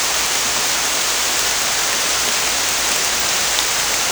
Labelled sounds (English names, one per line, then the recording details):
none
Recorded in dense forest near Puerto Asís, Putumayo, Colombia, on 18 December 2024 at 23:00
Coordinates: 0.481, -76.323
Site G100